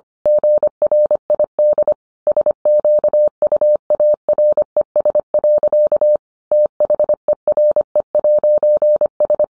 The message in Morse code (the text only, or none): GRID SQUARES. THERE'S